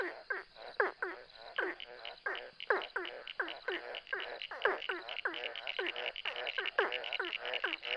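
Ornate burrowing frogs in a dense chorus, many short swooping notes overlapping rapidly, with a constant high buzzing hum behind them.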